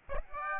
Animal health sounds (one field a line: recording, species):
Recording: mosquito wingbeat signal from an infrared sensor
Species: Aedes aegypti